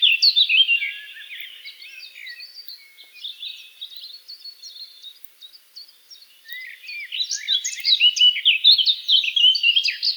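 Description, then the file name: Eurasian blackcap song: a loud warbling burst at the start, a quieter rambling passage, then a rich, fluty warble rising in volume near the end. "Sylvia atricapilla"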